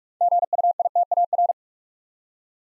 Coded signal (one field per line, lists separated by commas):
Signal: Morse code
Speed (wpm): 44 wpm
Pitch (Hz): 700 Hz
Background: none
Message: GUITAR